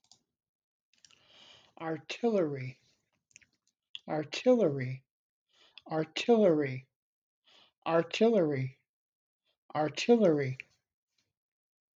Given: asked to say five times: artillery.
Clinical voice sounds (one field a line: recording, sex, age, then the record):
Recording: repeated word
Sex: male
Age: 60 to 69 years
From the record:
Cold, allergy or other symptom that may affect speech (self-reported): no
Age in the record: 60 years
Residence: Pennsylvania, United States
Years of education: 12